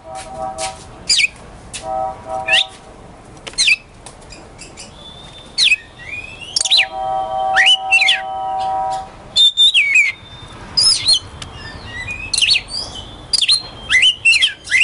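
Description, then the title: Oriental magpie-robin song: loud whistled notes and sharp upswept chips in bursts separated by pauses. Kacer poci, national champion competition bird; song described as gacor, nembak and ngerol; recording presents seven kinds of kacer song, three minutes each. "Kacer Poci Gacor Nembak Dan Ngerol Juara Nasional. 7 macam suara kacer setiap 3 menit"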